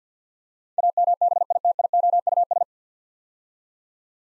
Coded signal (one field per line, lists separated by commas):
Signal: Morse code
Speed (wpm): 52 wpm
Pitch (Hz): 700 Hz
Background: none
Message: AMBITIOUS